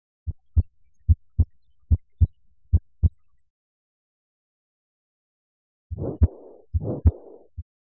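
Paired low lub-dub thumps at a steady rhythm of about 73 beats a minute, followed by a pause. A second stretch has two louder beats with a soft whooshing between them. This is a heartbeat sound effect.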